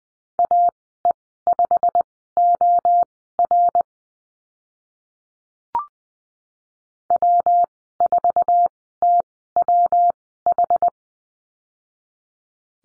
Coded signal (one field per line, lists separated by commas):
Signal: Morse code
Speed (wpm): 20 wpm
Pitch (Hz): 700 Hz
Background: none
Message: AE5OR W4TWH